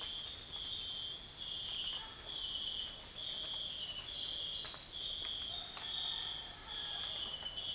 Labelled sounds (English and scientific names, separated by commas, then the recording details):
none
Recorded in dense forest near Puerto Asís, Putumayo, Colombia, on 19 February 2024 at 05:30
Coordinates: 0.496, -76.326
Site G6383